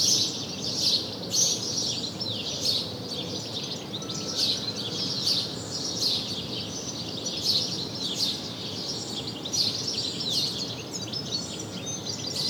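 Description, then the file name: House sparrow chirping almost continuously, sharp bright notes repeated in rapid succession over a busy backdrop of softer chirps and low noise. "Passer domesticus"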